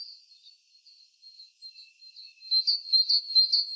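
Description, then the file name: Great tit with thin, high calls, soft and wavering at first, then building into a louder series of quick repeated notes. "Parus major"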